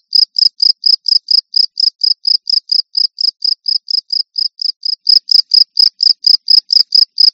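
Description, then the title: Cricket calling with a steady series of high, evenly spaced chirps throughout. "jangkrik"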